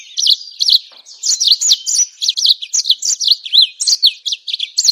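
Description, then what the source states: Bird song, loud and bright, a rapid stream of high whistled and chattering phrases with sweeping notes, repeated in quick bursts without pause. Masteran training songs for cage birds.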